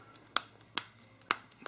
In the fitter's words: Should be snapped into place this time, and indeed we can now press this power on and off button,